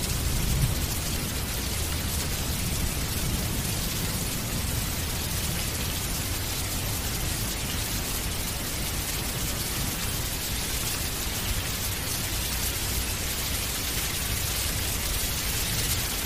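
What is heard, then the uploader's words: Rain falls in a steady, dense hiss, the gentle rhythm of raindrops blurred into an even wash with no single drops standing out. The sound is bright and unchanging throughout, with a soft low rumble underneath, a little heavier in the first second. The gentle rhythm of raindrops.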